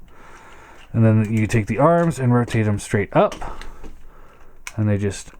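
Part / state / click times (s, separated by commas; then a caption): plastic arm of a transforming toy robot rotating into its locked position / not seated / none. The plastic arms of a transforming toy robot are rotated straight up toward their locked position while someone talks. Nothing has seated or clicked yet; the arms are being handled but are not yet home.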